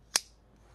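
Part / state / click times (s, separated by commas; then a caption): folding knife blade into lock bar / seated / 0.2 s. A Kubey Vagrant folding knife blade is opened and its lock bar engages with a single sharp click at 0.2 seconds, followed by quiet. The blade locks open and seats firmly.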